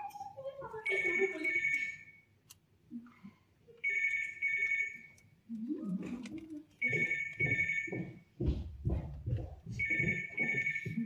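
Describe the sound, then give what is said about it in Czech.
A telephone rings in four evenly spaced bursts of shrill, trilling tone, loud and bright, while people talk between and beneath the rings. “Nikdy nezvedej telefon, zvlášť když tam nejsem.”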